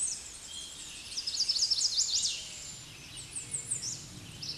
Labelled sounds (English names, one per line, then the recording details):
American Redstart song
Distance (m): 50 m
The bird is about 25 m above the microphone
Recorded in a Pennsylvania forest on 16 May 2024 at 08:51
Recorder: AudioMoth, point MSD-2478
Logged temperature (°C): 15.6 °C
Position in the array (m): 59 m, 237 m